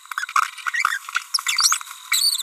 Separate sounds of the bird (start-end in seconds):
0.74-0.97, 1.47-1.77, 2.12-2.41